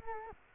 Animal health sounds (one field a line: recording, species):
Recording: mosquito wingbeat signal from an infrared sensor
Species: Culex quinquefasciatus